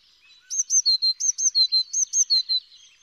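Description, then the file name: Eurasian blue tit delivering one quick run of about a dozen crisp notes that step between a high and a lower pitch, over a quiet background. "Cyanistes caeruleus"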